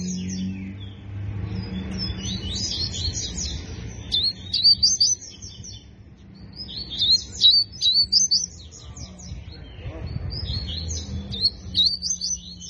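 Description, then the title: Double-collared seedeater song in several rapid, high-pitched phrases with short gaps between them, over a low hum. Song in the tui tui style; the bird is described as fibra. "COLEIRO DE GOLA TUI TUI FIBRA"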